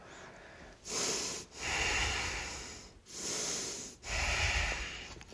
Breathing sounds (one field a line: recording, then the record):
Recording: deep breathing after running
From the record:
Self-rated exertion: moderate exertion (3 of 6)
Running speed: 9 miles an hour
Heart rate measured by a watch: 103 beats a minute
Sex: male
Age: 24 years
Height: 175 cm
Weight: 56 kg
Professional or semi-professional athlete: no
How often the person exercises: over 5 times a week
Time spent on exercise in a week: over 5 hours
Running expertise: yes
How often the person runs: over 5 times a week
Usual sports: running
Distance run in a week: 60 km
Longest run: 43 km